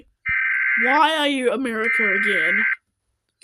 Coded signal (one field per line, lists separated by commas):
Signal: Emergency Alert System (SAME) tones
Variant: header bursts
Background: speech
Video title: Aninated Alt EAS Alarms Chaos and Mayhem! Reaction Part 2